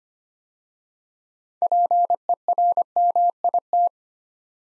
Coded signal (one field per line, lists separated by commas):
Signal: Morse code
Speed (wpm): 25 wpm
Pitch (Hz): 700 Hz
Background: none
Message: PERMIT